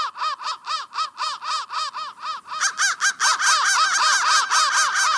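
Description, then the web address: Crows cawing in rapid series of harsh arched caws, growing louder and more overlapping in the second half. "soundfactory crow"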